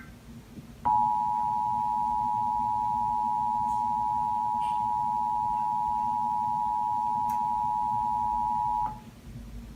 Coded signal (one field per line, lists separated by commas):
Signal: Emergency Alert System (SAME) tones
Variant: 853 and 960 Hz attention tone